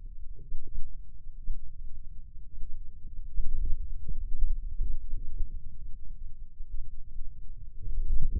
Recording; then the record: forearm muscle sounds (acoustic myography)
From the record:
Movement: hand closing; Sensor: system 2, bracelet of six BSWA MPA416 microphones around the upper forearm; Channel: 2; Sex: male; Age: 22 years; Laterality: right